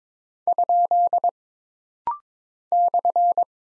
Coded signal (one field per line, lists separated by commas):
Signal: Morse code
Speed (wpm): 22 wpm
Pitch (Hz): 700 Hz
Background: none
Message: ? /